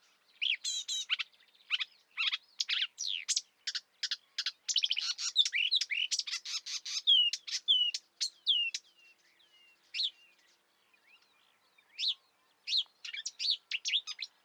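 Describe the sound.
Marsh warbler song, a long, breathless run of chattering, buzzy and whistled notes, briefly pausing before resuming with more quick varied phrases.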